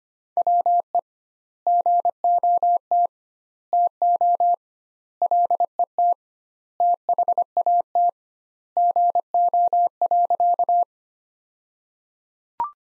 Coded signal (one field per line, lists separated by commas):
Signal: Morse code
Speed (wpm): 25 wpm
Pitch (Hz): 700 Hz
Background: none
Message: WE GOT TO LET THAT GO.